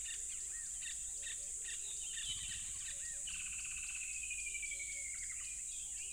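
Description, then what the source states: Crickets in a dense, high shrill hum; a bird gives quick chirps and a long falling whistled trill partway through. Loud crickets by a tropical river.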